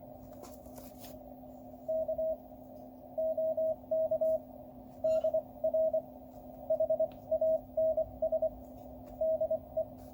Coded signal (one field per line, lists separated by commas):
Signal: Morse code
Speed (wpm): 25 wpm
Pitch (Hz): 640 Hz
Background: radio noise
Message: K OK DR HANS DE